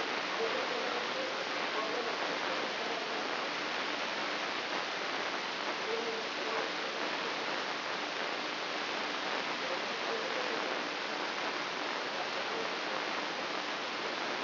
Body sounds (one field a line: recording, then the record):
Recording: brain microelectrode recording played as sound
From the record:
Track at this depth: outside the subthalamic nucleus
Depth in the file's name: 6.661 mm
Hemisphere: left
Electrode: 3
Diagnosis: Parkinson's disease